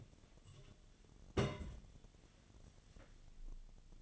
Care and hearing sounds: daily activity, microphone in the room; place on stove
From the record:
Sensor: 4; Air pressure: 1010.8 hPa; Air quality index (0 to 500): 167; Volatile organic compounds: 4 ppm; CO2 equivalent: 1702 ppm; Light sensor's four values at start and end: 39/111/44/45 and 39/112/45/46

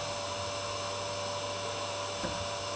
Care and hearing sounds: daily activity, microphone in the room; vacuum cleaning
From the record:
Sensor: 2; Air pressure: 1007.5 hPa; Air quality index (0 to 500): 32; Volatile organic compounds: 1 ppm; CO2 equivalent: 520 ppm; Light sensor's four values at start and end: 7/18/7/7 and 7/18/7/7

